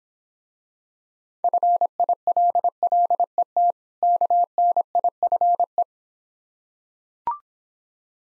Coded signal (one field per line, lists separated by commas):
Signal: Morse code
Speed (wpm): 26 wpm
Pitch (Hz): 700 Hz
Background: none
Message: FILLET KNIFE